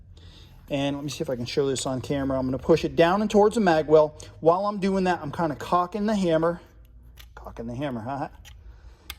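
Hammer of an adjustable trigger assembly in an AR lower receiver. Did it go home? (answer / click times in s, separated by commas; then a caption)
yes / 9.1 s. Someone talks while pushing an old KAC adjustable trigger assembly down and toward the magwell of an AR lower receiver (a MK12 Mod0 or any AR) and cocking its hammer. A sharp click at 9.1 s marks the hammer clicking into the cocked position, where it holds.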